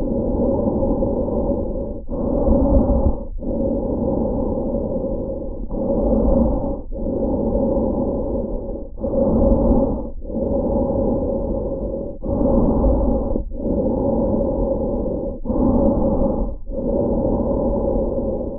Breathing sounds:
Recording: lung sounds by stethoscope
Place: trachea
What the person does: quiet breathing, then deep breathing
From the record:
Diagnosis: asthma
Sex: female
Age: 74 years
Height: 155 cm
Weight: 63 kg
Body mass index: 26.2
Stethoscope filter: diaphragm mode

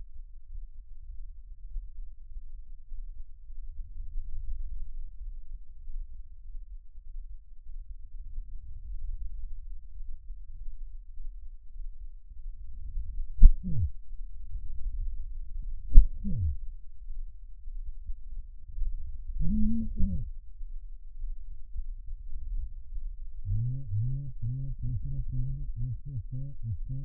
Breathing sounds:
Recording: lung sounds by stethoscope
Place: left anterior apical chest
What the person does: quiet breathing, then cough and speech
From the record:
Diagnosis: pulmonary infection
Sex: male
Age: 54 years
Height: 187 cm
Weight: 95 kg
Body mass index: 27.2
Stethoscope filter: bell mode

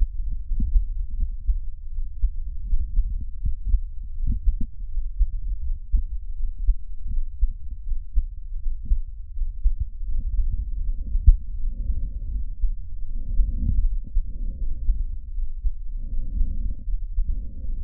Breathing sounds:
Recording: lung sounds by stethoscope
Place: trachea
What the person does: quiet breathing, then deep breathing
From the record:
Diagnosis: interstitial lung disease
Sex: male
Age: 47 years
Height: 159 cm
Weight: 66.8 kg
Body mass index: 26.4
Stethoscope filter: bell mode

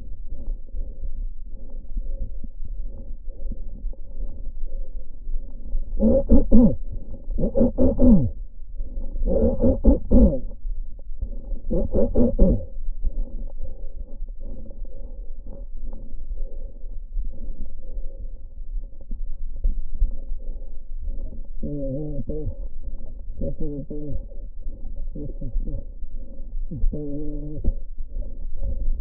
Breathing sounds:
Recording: lung sounds by stethoscope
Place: right posterior basal chest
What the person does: quiet breathing, then cough and speech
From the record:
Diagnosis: interstitial lung disease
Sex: male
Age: 72 years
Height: 167 cm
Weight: 74 kg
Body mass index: 26.5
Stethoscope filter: diaphragm mode

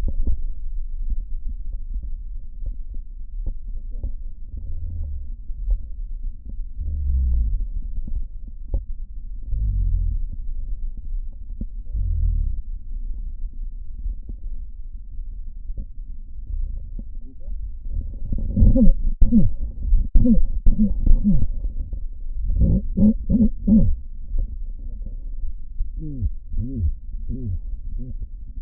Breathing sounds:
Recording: lung sounds by stethoscope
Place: right posterior basal chest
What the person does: quiet breathing, then cough and speech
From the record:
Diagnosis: COPD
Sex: male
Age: 70 years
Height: 170 cm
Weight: 74 kg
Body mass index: 25.6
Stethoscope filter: diaphragm mode

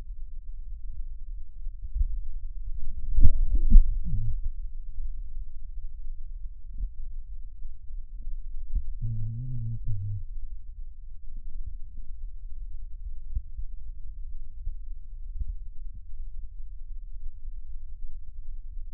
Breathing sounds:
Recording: lung sounds by stethoscope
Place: right posterior basal chest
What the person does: quiet breathing, then cough and speech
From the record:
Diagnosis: interstitial lung disease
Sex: male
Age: 74 years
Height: 160 cm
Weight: 54 kg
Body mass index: 21.1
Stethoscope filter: bell mode

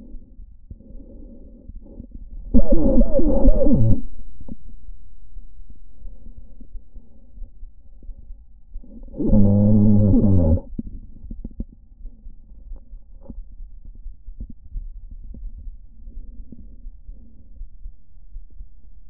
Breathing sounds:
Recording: lung sounds by stethoscope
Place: trachea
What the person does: quiet breathing, then cough and speech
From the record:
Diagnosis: COPD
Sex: male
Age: 59 years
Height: 175 cm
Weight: 73 kg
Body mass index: 23.8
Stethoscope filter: diaphragm mode

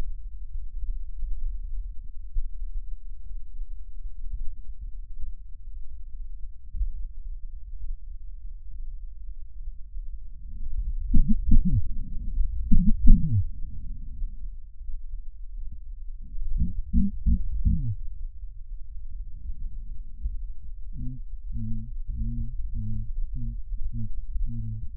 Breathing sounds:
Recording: lung sounds by stethoscope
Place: left posterior basal chest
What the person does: quiet breathing, then cough and speech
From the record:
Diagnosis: none (healthy)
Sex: male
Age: 30 years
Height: 190 cm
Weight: 88 kg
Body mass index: 24.4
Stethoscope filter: bell mode

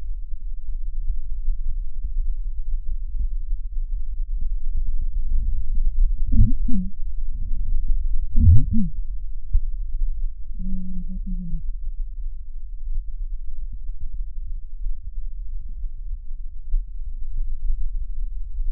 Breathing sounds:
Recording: lung sounds by stethoscope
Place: left anterior apical chest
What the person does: quiet breathing, then cough and speech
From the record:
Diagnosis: interstitial lung disease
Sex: female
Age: 65 years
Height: 156 cm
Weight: 66.8 kg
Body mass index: 27.4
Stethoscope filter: bell mode

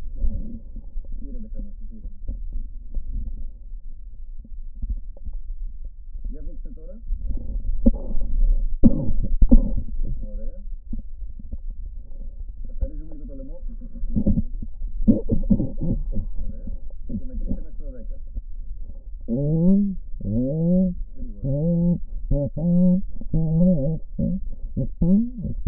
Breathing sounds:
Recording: lung sounds by stethoscope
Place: right posterior apical chest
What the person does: quiet breathing, then cough and speech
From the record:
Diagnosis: COPD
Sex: female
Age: 80 years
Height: 160 cm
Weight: 62 kg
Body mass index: 24.2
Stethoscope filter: diaphragm mode

